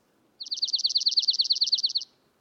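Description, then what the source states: Dark-eyed Junco trill: a fast, even run of many identical high chipping notes lasting under two seconds, with a quiet background. In dark-eyed juncos, pungent odors from bacteria in preen oil help attract potential mates.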